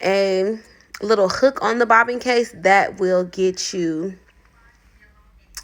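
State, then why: Seated. Someone talks, then a metal bobbin case with its bobbin threaded is pushed back into the sewing machine's bobbin housing until its little hook catches. It seats with a sharp click at 5.6 s, following a faint tick at 4.5 s in the quiet after the speech.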